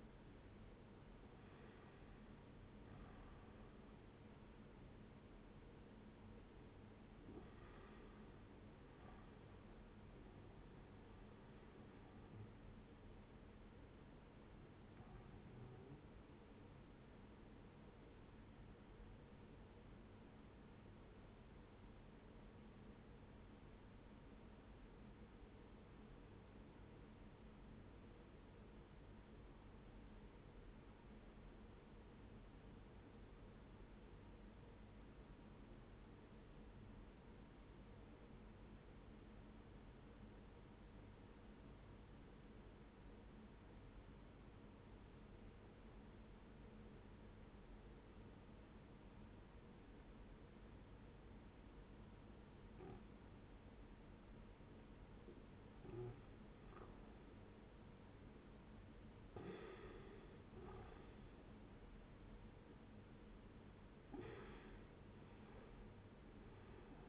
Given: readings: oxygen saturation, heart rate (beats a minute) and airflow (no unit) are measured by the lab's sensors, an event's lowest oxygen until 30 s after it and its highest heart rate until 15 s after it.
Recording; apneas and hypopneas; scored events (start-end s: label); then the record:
breathing in sleep by a voice recorder at the bedside; 1
2.00-67.09 s: new sleep stage, N1 (lightest sleep)
19.00-54.70 s: obstructive apnea (N1, oxygen 96% highest, then 89% lowest, heart rate 71 at the start, 83 highest)
From the record:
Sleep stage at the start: N2 (light sleep); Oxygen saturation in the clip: 91 to 96%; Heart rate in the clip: 63 to 83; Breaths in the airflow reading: 6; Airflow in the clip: -12.9 to 13.2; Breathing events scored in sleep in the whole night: 131 in 7.2 hours asleep